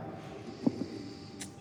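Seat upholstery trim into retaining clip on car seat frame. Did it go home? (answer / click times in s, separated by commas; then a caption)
no / none. Someone puts a finger next to a retaining clip on a Bentley car seat frame and pushes the seat upholstery trim into it. A soft thud at about 0.7 s and a smaller one at 0.8 s rise over a low steady hum, followed by a brief faint hiss near 1.4 s. The trim does not engage on this first push, and nothing has seated or clicked yet.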